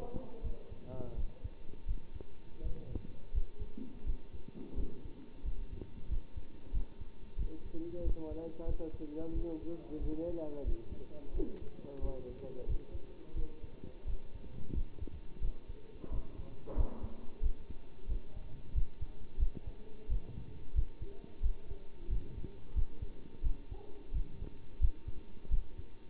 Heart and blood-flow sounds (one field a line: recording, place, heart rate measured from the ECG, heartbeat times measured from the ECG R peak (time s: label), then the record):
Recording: heart sounds by stethoscope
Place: between the tricuspid and mitral areas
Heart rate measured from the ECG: 89 bpm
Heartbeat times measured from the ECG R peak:
0.43 s: heartbeat
1.16 s: heartbeat
1.87 s: heartbeat
2.63 s: heartbeat
3.33 s: heartbeat
4.05 s: heartbeat
4.76 s: heartbeat
5.44 s: heartbeat
6.10 s: heartbeat
6.73 s: heartbeat
7.37 s: heartbeat
8.04 s: heartbeat
8.67 s: heartbeat
9.34 s: heartbeat
10.01 s: heartbeat
10.65 s: heartbeat
11.33 s: heartbeat
12.01 s: heartbeat
12.67 s: heartbeat
13.35 s: heartbeat
14.06 s: heartbeat
14.74 s: heartbeat
15.41 s: heartbeat
16.11 s: heartbeat
16.76 s: heartbeat
17.42 s: heartbeat
18.08 s: heartbeat
18.74 s: heartbeat
19.39 s: heartbeat
20.09 s: heartbeat
20.75 s: heartbeat
21.42 s: heartbeat
22.09 s: heartbeat
22.75 s: heartbeat
23.43 s: heartbeat
24.13 s: heartbeat
24.81 s: heartbeat
25.50 s: heartbeat
From the record:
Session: bicycle stress test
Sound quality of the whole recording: good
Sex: male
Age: 27 years